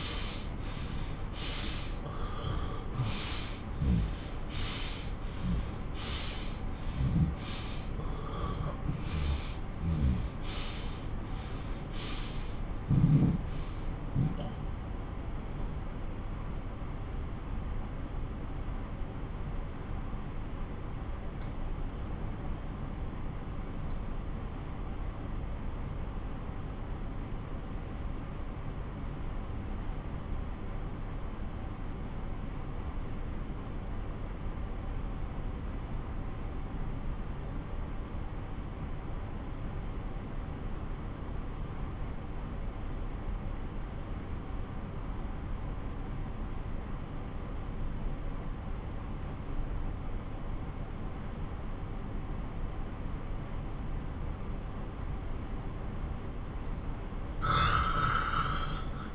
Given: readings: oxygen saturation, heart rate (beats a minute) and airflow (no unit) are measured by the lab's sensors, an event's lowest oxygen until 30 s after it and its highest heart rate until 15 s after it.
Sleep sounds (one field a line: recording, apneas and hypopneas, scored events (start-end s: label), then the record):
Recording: breathing in sleep by a smartphone at the bedside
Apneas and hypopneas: 1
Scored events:
11.00-54.80 s: obstructive apnea (N1, oxygen 97% highest, then 88% lowest)
23.00-53.00 s: new sleep stage, N2 (light sleep)
53.00-59.15 s: new sleep stage, N1 (lightest sleep)
From the record:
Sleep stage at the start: N1 (lightest sleep)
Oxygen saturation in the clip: 81 to 97%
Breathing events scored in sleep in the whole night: 217 in 6.3 hours asleep